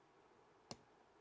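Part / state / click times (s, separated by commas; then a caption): wire terminal into plastic connector housing / seated / 0.7 s. A crimped wire terminal that had been pushed too far through a plastic connector housing, during a Polaris General build, is pulled back until it locks in place. A single sharp, bright click sounds at 0.7 s over a quiet background. The terminal is seated and locked in the housing.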